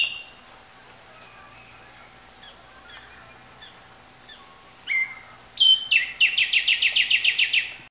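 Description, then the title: Bird with scattered faint chirps, then a phrase of sharp whistled notes breaking into a rapid trill of repeated notes. "LuckyPassaro Completos2Sama"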